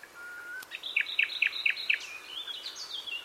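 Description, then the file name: Common nightingale song phrase: a thin whistle, then a quick series of five repeated sharp notes and a warbling tail. "Luscinia megarhynchos"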